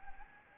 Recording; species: mosquito wingbeat signal from an infrared sensor; Anopheles arabiensis